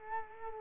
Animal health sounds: mosquito wingbeat signal from an infrared sensor; Culex quinquefasciatus

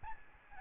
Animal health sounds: mosquito wingbeat signal from an infrared sensor; Aedes albopictus

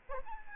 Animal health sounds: mosquito wingbeat signal from an infrared sensor; Aedes albopictus

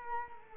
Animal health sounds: mosquito wingbeat signal from an infrared sensor; Culex quinquefasciatus

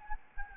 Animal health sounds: mosquito wingbeat signal from an infrared sensor; Aedes albopictus

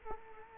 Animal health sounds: mosquito wingbeat signal from an infrared sensor; Culex quinquefasciatus

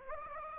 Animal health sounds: mosquito wingbeat signal from an infrared sensor; Anopheles gambiae

